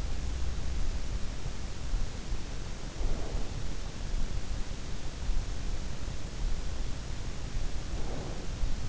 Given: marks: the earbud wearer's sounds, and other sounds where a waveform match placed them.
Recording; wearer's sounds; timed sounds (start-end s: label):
sounds in sleep by an in-ear microphone; breath
2.64-3.91 s: breath
7.53-8.88 s: breath